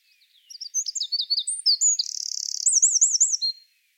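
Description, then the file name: Eurasian wren song: a rapid, loud burst of high, sharp notes, a fast buzzy trill and a looping warbled phrase, lasting about three seconds, with a quiet background. "Troglodytes troglodytes"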